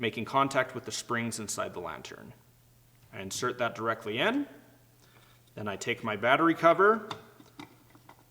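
Someone talks while picking up the battery cover of a rechargeable railroad lantern and lining it up on the lantern base, after the battery has gone in with its metal end against the springs inside. Two short taps are heard near the end at about 7.6 s and 8.1 s. The cover has not yet been pushed down or turned, and nothing has clicked into place yet.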